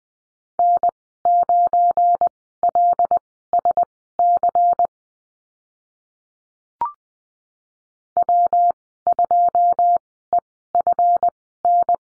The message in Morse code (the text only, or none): N9LSC W2EFN